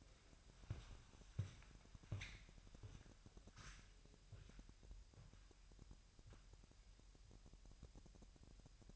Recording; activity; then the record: daily activity, microphone in the room; walk to room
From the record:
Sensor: 2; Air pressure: 1001.9 hPa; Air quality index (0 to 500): 248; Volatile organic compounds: 35 ppm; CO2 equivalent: 3055 ppm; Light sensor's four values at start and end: 6/14/6/6 and 6/15/6/6